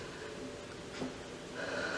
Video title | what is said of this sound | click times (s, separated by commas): KaryAll Clutch Tutorial | but because the fabric is so thick, it's not snapping in place. | none